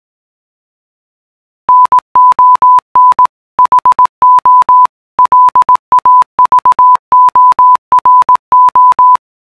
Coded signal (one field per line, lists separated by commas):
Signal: Morse code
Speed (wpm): 18 wpm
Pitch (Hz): 1000 Hz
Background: none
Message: NON HO LAVORO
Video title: Non ho lavoro in codice morse